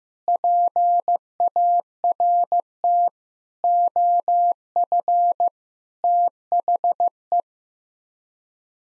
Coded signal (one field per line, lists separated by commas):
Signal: Morse code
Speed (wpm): 15 wpm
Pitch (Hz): 700 Hz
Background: none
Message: PART OF THE